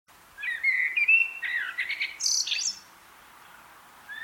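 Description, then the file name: Common blackbird song: a single mellow, fluted warbling phrase that ends in a brief high, squeaky twitter, followed by quiet. "Turdus merula"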